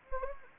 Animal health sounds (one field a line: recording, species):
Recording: mosquito wingbeat signal from an infrared sensor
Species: Anopheles gambiae